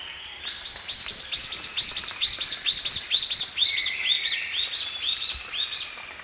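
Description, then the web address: Spot-backed antbird song, a steady, rapid run of high, arched whistled notes lasting about five seconds, with a fainter, lower steady whistle partway through. Terra firme forest in the eastern lowlands of South America. "Natures Songs S America Eastern Lowlands. Hylophylax naevius, terra firme, song"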